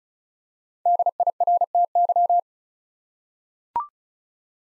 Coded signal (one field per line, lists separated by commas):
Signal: Morse code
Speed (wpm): 36 wpm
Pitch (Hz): 700 Hz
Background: none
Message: DIRTY